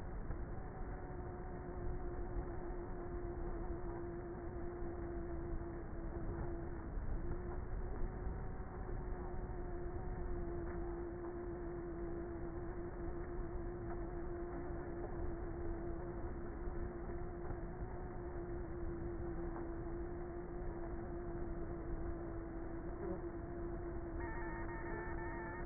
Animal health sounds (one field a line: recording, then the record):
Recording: honeybee colony, microphone inside the hive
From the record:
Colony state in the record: queenless with a low population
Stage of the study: before two queens were removed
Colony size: about 30,000 bees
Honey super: no